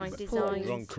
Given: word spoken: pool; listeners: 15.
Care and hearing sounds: one English word in noise, from a listening test; four-talker babble; -0.9 dB; 0 of 15; 6 of 15; 0.59 s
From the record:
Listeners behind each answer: 6, 4, 2, 1, 1, 1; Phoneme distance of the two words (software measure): 44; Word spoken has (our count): 1 syllable, 3 phonemes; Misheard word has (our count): 2 syllables, 5 phonemes, stress on syllable 2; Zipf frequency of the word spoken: 4.54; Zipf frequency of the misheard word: 4.76

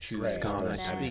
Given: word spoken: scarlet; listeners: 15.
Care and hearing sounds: one English word in noise, from a listening test; four-talker babble; -2.1 dB; 3 of 15; 8 of 15; 0.71 s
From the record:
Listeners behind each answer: 8, 3, 1, 1, 1, 1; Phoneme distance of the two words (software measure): 51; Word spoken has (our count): 2 syllables, 6 phonemes, stress on syllable 1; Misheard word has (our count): 1 syllable, 3 phonemes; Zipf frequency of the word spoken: 3.56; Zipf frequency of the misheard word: 4.92

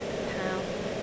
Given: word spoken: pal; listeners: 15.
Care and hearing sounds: one English word in noise, from a listening test; speech-shaped noise; -4.4 dB; 1 of 15; 6 of 15; 0.63 s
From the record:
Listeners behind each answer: 6, 3, 2, 2, 1, 1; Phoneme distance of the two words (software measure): 27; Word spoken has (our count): 1 syllable, 3 phonemes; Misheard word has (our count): 1 syllable, 4 phonemes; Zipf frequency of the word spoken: 4.05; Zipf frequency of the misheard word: 4.51

